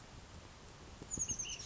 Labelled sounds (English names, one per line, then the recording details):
Ash-throated Flycatcher
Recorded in Sonoma County, California